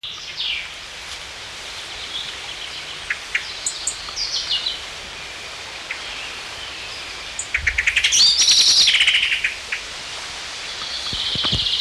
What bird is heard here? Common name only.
Common Blackbird